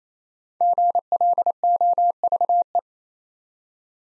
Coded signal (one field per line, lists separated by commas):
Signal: Morse code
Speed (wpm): 27 wpm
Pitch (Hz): 700 Hz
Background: none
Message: GLOVE